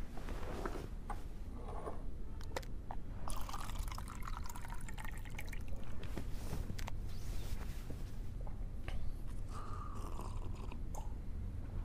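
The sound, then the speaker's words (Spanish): Water is poured into a glass in two splashing streams, the gurgling pitch climbing as it fills, with a few drips and clinks between pours and no talking. “¿Me puede dar un poco de agua, por favor?”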